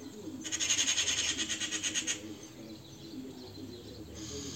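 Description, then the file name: Eurasian magpie chattering, a rapid grating rattle of evenly spaced harsh notes lasting about one and a half seconds, then quieter background. "Pica pica"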